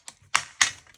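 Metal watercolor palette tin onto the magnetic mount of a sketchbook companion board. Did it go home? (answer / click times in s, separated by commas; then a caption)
yes / 0.4 s, 0.6 s. A larger metal watercolor palette tin is placed onto the magnetic mount of a sketchbook companion board: a faint tap at 0.1 s, then sharp, bright clicks at 0.4 s and 0.6 s as it snaps on. The tin is seated, held so strongly that it stays put even when the board is tipped upside down.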